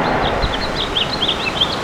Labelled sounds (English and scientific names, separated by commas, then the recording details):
House Finch (Haemorhous mexicanus) song
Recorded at Bellport on Long Island, New York, on 21 June 2013
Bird C